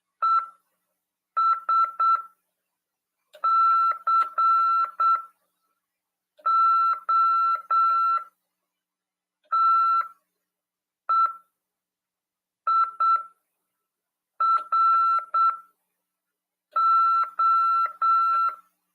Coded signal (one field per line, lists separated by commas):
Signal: Morse code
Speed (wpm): 8 wpm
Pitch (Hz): 1340 Hz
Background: none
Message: ESCOTEIRO